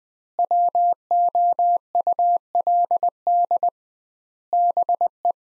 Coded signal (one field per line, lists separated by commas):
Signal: Morse code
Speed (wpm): 20 wpm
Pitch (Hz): 700 Hz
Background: none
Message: WOULD BE